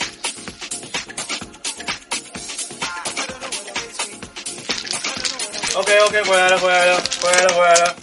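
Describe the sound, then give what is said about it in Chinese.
Mahjong tiles being shuffled at a radio station: a dense, continuous clatter of sharp plastic clicks and knocks that goes on throughout, with a sustained voice rising over the rattling in the last couple of seconds. “可以，先把我们的麦拉掉好了，我们洗牌。”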